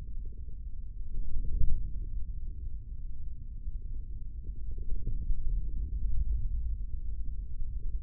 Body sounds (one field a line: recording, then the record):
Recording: forearm muscle sounds (acoustic myography)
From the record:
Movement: hand closing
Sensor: system 3, bracelet of six PUI Audio POM-2738L microphones around the upper forearm, with dedicated amplification and filtering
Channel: 1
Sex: male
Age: 25 years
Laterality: right